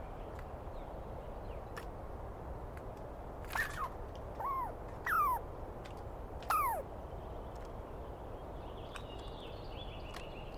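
A Douglas pine squirrel gives a short run of sharp screaming calls, each a harsh burst sliding downward in pitch, clustered between about three and a half and seven seconds. A steady low hiss fills the rest, with scattered faint clicks and soft chirps near the end.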